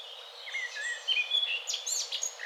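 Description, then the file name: Eurasian blackcap song: varied chirpy and warbled notes, some sliding downward, given in quick uneven bursts over a soft background hiss. "Sylvia atricapilla"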